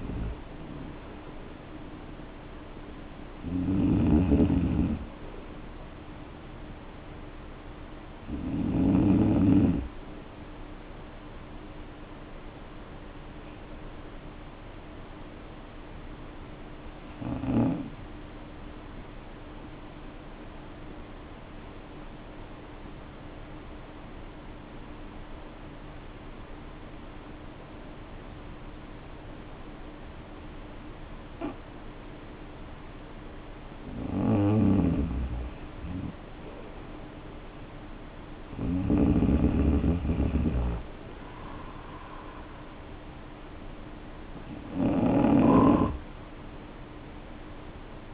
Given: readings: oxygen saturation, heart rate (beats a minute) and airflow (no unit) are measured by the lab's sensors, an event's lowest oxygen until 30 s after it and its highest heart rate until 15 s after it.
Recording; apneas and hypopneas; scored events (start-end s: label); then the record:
breathing in sleep by a voice recorder at the bedside; 1
2.00-32.00 s: new sleep stage, N1 (lightest sleep)
17.00-37.90 s: hypopnea (N1, oxygen 96% highest, then 86% lowest, heart rate 49 at the start, 61 highest)
32.00-48.14 s: new sleep stage, N2 (light sleep)
From the record:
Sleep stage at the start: N2 (light sleep); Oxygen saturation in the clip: 88 to 96%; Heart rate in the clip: 47 to 62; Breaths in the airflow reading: 10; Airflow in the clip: -4.7 to 3.8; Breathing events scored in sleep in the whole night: 520 in 7.2 hours asleep